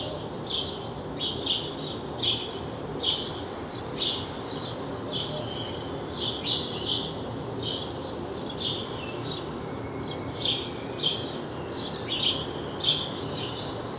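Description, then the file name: House sparrow chirps, irregular and sometimes doubled or overlapping, continuing through a constant background rush. "Passer domesticus"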